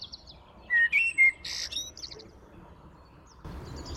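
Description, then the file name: Eurasian blackbird: a few short whistled notes and a loud high burst, then quiet with low background noise. "Turdus merula"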